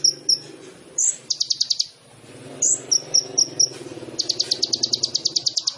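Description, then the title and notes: Sunbird song: high scattered chips and short fast trills over a steady low hum, ending in a long rapid high trill. Indonesian masteran training recording for songbirds; song with fills (isian) and shots (tembakan), described as gacor and suited as a lure (pancingan). "MASTERAN KOLIBRI NINJA FULL ISIAN DAN TEMBAKAN COCOK BUAT PANCINGAN. Suara Burung Kolibri Ninja Gacor"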